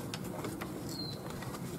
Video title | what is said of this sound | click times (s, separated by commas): Clicgear 3.5+ Cart Review - THIS IS GREAT!!! 8,000+ Miles on this golf pushcart | click into place here. Hear that click? Just clicks into place. | 0.1 s